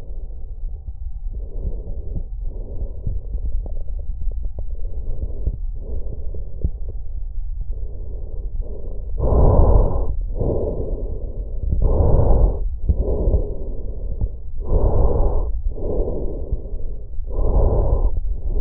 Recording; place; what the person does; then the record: lung sounds by stethoscope; trachea; quiet breathing, then deep breathing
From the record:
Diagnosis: COPD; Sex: male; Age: 77 years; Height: 172 cm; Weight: 85.2 kg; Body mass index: 28.8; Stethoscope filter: extended mode